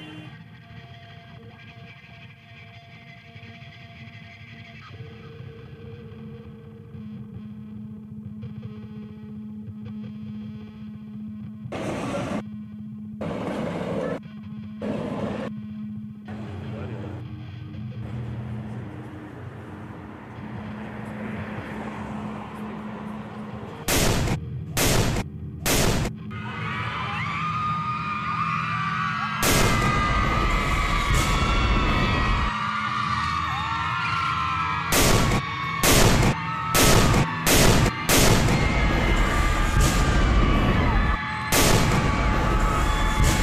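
Documentary sound from a protest in Belarus: a steady low rumble at first, then sharp loud bangs from about twelve seconds, coming in clusters and growing denser toward the end. After thirty seconds, a noisy crowd-like din with wavering whistle or siren tones rises underneath.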